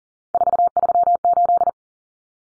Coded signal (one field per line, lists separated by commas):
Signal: Morse code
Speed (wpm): 40 wpm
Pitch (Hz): 700 Hz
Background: none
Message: 438